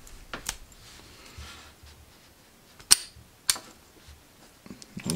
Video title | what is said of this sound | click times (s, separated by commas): Papaiz CRT 50mm padlock 16 Pin SPP | lovely satisfying click when you unlock it so let's | 2.9 s, 3.5 s